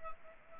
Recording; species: mosquito wingbeat signal from an infrared sensor; Anopheles arabiensis